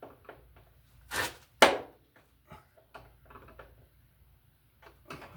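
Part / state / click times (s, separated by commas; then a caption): terminal screw on a circuit breaker in a load center / stripped / 1.6 s. A screwdriver works the terminal screw on a Square D QO circuit breaker in a load center, with scraping and tool noises around a louder burst near 1.2 s. It slips with a sharp hit at 1.6 s, and the screw head is stripped. Someone talks afterward.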